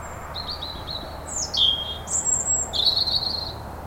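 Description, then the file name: European robin song: a run of thin, high whistled phrases that slide up and down, varied and slightly warbling, with a faint low hum underneath. "Erithacus rubecula"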